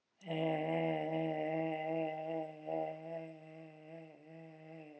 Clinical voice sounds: sustained vowel /e/; female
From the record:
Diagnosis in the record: healthy control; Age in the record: 72 years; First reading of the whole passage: 67 s, 7.5 characters per second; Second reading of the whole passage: 67 s, 7.5 characters per second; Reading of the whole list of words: 68 s, 4.2 characters per second

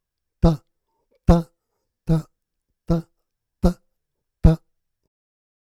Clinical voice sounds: repeated syllable /ta/; male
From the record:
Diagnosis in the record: Parkinson's disease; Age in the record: 77 years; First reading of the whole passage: 65 s, 8.0 characters per second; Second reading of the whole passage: 61 s, 8.5 characters per second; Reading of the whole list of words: 50 s, 5.6 characters per second

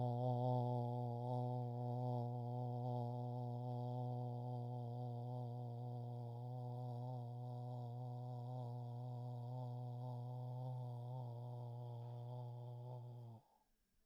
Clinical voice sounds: sustained vowel /o/; male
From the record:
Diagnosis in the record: Parkinson's disease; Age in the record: 68 years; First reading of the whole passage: 84 s, 6.2 characters per second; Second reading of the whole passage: 63 s, 8.2 characters per second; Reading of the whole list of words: 57 s, 5.0 characters per second

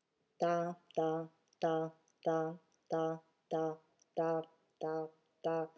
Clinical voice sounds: repeated syllable /ta/; female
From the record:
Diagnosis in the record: healthy control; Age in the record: 61 years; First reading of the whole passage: 59 s, 8.5 characters per second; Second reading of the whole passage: 54 s, 7.6 characters per second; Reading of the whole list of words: 57 s, 4.9 characters per second

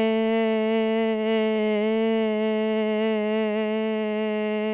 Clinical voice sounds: sustained vowel /e/; female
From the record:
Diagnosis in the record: Parkinson's disease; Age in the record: 54 years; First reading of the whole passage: 55 s, 9.4 characters per second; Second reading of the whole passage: 50 s, 10.4 characters per second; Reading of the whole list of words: 55 s, 5.1 characters per second

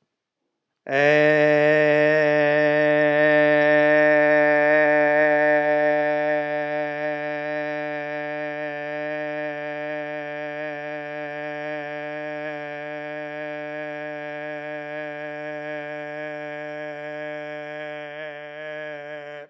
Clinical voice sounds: sustained vowel /e/; male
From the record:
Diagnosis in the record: healthy control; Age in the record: 68 years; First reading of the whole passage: 60 s, 8.7 characters per second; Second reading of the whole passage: 55 s, 9.3 characters per second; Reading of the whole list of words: 43 s, 6.5 characters per second

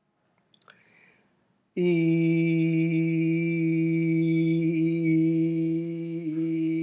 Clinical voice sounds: sustained vowel /i/; male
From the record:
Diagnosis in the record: healthy control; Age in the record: 70 years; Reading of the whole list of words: 64 s, 3.8 characters per second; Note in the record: marked for poor recording quality or reading difficulty

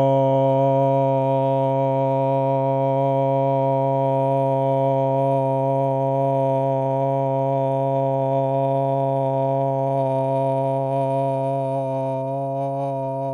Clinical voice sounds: sustained vowel /o/; male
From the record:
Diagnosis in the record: Parkinson's disease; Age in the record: 50 years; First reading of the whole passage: 72 s, 7.2 characters per second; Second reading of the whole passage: 54 s, 9.6 characters per second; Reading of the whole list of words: 40 s, 7.1 characters per second

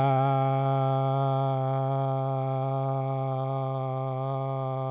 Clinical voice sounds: sustained vowel /a/; male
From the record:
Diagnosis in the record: Parkinson's disease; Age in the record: 70 years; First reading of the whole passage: 68 s, 7.6 characters per second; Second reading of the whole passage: 61 s, 8.4 characters per second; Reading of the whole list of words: 64 s, 4.4 characters per second

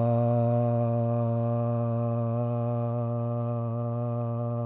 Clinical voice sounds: sustained vowel /a/; male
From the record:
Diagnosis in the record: Parkinson's disease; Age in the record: 71 years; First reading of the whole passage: 50 s, 10.4 characters per second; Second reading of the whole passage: 45 s, 11.4 characters per second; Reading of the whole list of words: 37 s, 7.6 characters per second

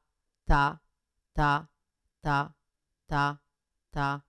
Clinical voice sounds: repeated syllable /ta/; female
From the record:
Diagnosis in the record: Parkinson's disease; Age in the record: 61 years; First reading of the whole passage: 53 s, 9.7 characters per second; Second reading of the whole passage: 51 s, 10.1 characters per second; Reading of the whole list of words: 49 s, 5.7 characters per second

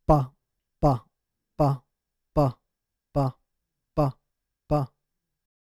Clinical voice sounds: repeated syllable /pa/; male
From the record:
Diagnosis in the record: Parkinson's disease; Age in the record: 56 years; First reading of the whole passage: 87 s, 6.0 characters per second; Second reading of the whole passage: 67 s, 7.8 characters per second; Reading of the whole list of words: 59 s, 4.8 characters per second

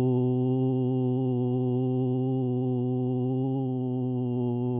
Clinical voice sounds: sustained vowel /u/; male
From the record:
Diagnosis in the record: Parkinson's disease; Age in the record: 72 years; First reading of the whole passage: 118 s, 4.4 characters per second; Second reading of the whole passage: 99 s, 5.2 characters per second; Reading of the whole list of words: 88 s, 3.2 characters per second

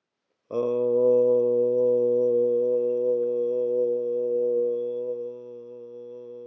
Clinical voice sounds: sustained vowel /o/; male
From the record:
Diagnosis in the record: healthy control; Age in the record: 68 years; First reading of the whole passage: 59 s, 8.4 characters per second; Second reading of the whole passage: 56 s, 8.8 characters per second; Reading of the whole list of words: 34 s, 8.3 characters per second

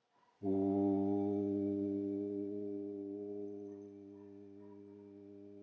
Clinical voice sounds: sustained vowel /u/; male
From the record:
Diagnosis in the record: healthy control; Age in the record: 76 years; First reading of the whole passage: 56 s, 9.2 characters per second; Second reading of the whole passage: 53 s, 9.7 characters per second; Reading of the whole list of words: 49 s, 5.7 characters per second

